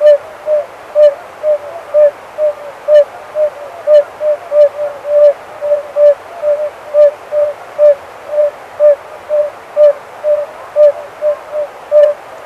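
Oriental fire-bellied toad giving a long, steady series of soft, even notes.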